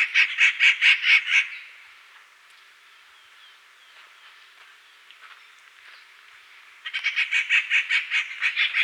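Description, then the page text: Rufous Treepie giving rapid harsh, grating notes, about eight in a burst lasting just over a second; a quiet gap of five seconds follows before another rasping series begins. "Rufous Treepie Calls. Quick Sounds"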